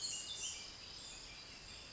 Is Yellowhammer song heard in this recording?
no